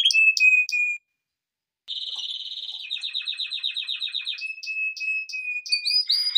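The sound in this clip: Canary song, whistled notes and chips, a short silence, then a fast trill, a descending rolling tour and repeated sharp chips.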